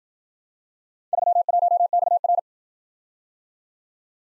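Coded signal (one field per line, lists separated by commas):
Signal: Morse code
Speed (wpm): 52 wpm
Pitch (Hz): 700 Hz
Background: none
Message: 31XR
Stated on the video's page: Morse practice of four letter-number combinations, starting fast and slowing to a 40 wpm base; fastest speed 1.5 times base, final repeat at maximum speed.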